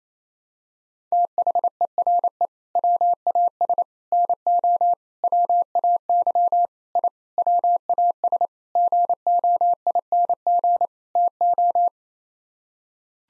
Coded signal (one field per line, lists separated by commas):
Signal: Morse code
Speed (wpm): 28 wpm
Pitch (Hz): 700 Hz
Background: none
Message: THERE WAS NO WAY I WAS GOING TO